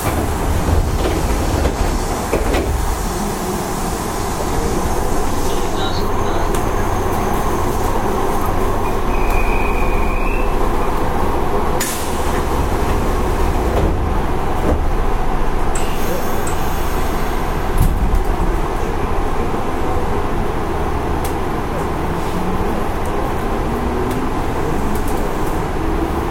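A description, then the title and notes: A Nishitetsu 5000 series train runs with a steady low rumble and rattle, brief clicks and knocks, and a faint whining tone midway. 西鉄5000系 普通 二日市から薬院まで. 西日本鉄道 5000系電車の走行音です。 大牟田線の普通列車で録音しました。 It is running noise of Nishitetsu railway 5000 series train. I recorded on a local train at Omuta Line.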